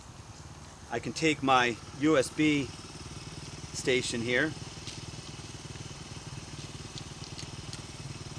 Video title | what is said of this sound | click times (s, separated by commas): Quad Lock Motorcycle Mount Installation - Kawasaki KLX300 | and it just snaps right into place | 7.7 s